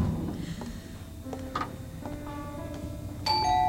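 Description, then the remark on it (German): A doorbell chimes several times in succession at 3 a.m., bright ringing tones with lingering harmonics, the last ring sharper and louder, over a low steady background rumble with no one speaking. “Ja, ist doch sinnlos. Wir werden weiter klingeln.”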